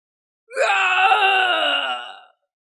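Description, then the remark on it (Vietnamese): A single sustained, agonized wailing scream from those being burned by the golden fire of nine golden crows, lasting nearly two seconds, loud and harmonically rich with a slightly wavering high pitch that slowly trails off at the end. “Tiếng kêu thảm thiết liên tục vang lên.”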